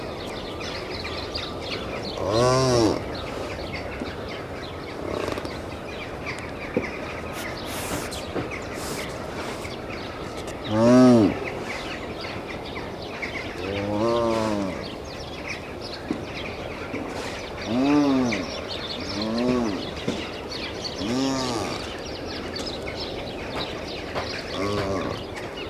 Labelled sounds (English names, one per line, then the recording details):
Addax call
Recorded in captivity
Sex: male
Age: adult
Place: Tierpark Berlin, Berlin, DE
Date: 1970-12-20 11:47
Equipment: Uher 4200 Report Stereo, Sennheiser MD 421 (z.T. mit Tesla-Verstärker)
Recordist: Tembrock, Günter